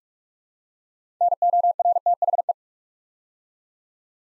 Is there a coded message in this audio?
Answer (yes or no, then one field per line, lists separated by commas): yes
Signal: Morse code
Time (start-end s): 1.2-2.5 s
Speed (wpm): 44 wpm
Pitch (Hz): 700 Hz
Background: none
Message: NORTHE